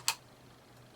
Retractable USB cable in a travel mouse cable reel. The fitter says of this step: it'll click into place and then that's your cable it's